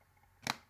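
A plastic lid is pressed down onto the plastic bottom of a tobacco tub whose ribbed rim lets it snap shut. After a quiet stretch, one sharp, bright snap is heard at 0.5 s, and the lid is seated closed.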